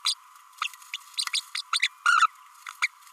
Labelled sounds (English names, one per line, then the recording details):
Green-rumped Parrotlet babbling
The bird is a female
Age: 32 days
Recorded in a nest box in Venezuela
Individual 17B32A7